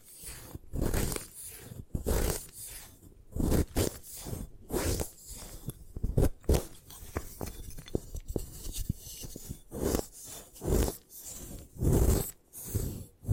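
Gym chalk is crushed and broken apart in a quick, irregular series of crunches and scrapes. Loud gritty bursts come every second or so, with a heavy thud near twelve seconds, separated by brief quieter moments of rustling.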